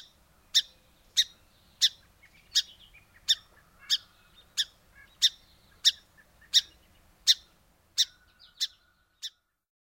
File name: Song Sparrow